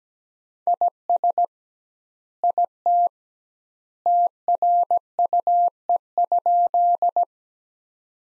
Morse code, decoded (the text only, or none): IS IT TRUE?